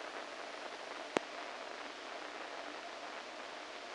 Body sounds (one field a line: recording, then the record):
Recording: brain microelectrode recording played as sound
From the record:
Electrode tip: inside the subthalamic nucleus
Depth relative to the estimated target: -4 mm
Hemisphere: right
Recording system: NeuroSet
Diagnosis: Parkinson's disease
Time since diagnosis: 14 years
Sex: male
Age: 51 years